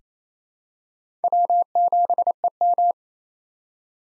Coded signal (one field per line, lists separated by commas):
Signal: Morse code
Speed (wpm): 29 wpm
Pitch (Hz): 700 Hz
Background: none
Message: W7EM